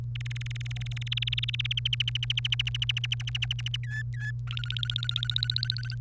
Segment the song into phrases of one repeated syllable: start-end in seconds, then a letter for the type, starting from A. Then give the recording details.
0.15-1.73 A, 1.77-3.76 B, 3.84-4.31 C, 4.47-5.95 D. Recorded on 1 May 2018 at 15:21. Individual llb3